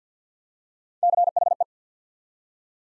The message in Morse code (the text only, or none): CHE